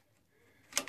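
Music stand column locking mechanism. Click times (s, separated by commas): 0.8 s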